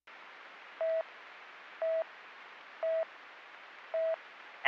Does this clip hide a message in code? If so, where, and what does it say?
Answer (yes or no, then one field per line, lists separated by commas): no